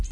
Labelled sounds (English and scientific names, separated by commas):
Red-faced Warbler (Cardellina rubrifrons) flight call